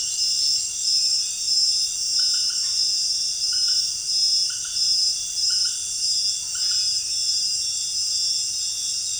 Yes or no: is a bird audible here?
no